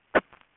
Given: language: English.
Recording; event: throat vibration sensor signal played as sound; cough